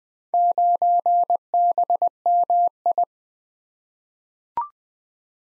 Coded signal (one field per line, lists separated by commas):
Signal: Morse code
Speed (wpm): 20 wpm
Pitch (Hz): 700 Hz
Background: none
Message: 9BMI